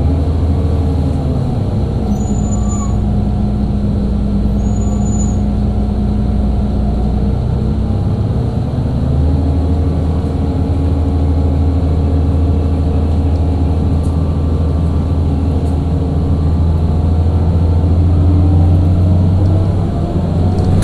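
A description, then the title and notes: A bus runs with a steady low engine drone and a loud, continuous rattle from its worn suspension. The engine tone shifts around eight seconds as it changes pace, and two brief high squeaks sound early, near two and five seconds. B103 Bus with Bad Struts. Recorded by Dan Bodah in Brooklyn.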